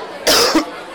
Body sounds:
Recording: coughing mixed with background sound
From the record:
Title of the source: Coughing 60

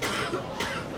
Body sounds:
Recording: coughing mixed with background sound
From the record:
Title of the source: 64 coughing, allergies, singing lungs

